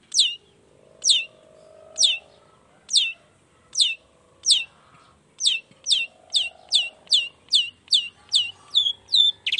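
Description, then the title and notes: Long-tailed shrike singing a series of sharp downslurred notes, spaced about a second apart at first, then quickening into a rapid run that ends on a longer note. Lively long-tailed shrike singing in the morning, with the toet-toet sound variation, used to stir lazy, silent shrikes into singing along quickly. "Cendet Gacor Dor Di Kala Pagi Toet Toet Variasi Suara J. Cendet Gacor Di Pagi Hari Rangsangan Emosi Cendet Malas Bunyi Supaya Secepatnya Ikutan Bunyi. Burung cendet"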